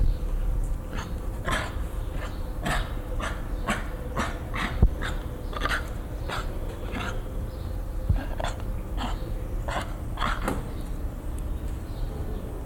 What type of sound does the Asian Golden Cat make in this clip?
call